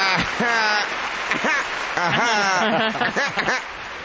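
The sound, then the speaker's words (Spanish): Steady audience applause forms a dense, hissing wash, mixed with many overlapping voices calling and cheering above it, holding at a loud level for about four seconds before easing slightly at the end. “Vayan redondeando el tema aplauso porque quiero terminar”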